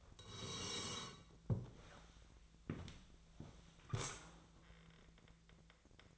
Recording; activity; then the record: daily activity, microphone in the room; sit down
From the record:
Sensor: 3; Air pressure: 1000.5 hPa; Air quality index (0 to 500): 169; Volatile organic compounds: 3 ppm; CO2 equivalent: 1476 ppm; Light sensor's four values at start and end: 14/33/14/15 and 14/33/14/15